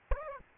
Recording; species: mosquito wingbeat signal from an infrared sensor; Aedes albopictus